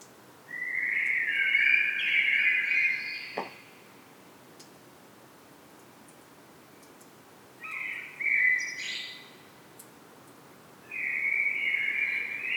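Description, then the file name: Common blackbird song: three separate mellow, fluted warbling phrases, the last cut off at the end, split by quiet gaps, with faint clicks. "Turdus merula"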